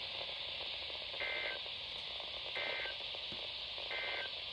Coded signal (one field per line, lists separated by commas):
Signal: Emergency Alert System (SAME) tones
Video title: Fair well 2020 EAS#404-419 From: 12/24/20 - 12/30/20